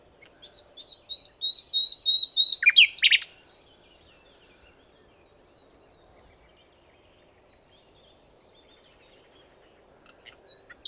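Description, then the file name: Common nightingale song: a series of high whistled notes swelling in volume, ending in a brief harsh flourish, followed by silence and a faint new phrase at the end. "Luscinia megarhynchos"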